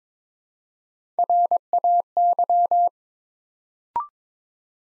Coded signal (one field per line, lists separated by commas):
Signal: Morse code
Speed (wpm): 22 wpm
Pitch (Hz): 700 Hz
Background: none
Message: RAY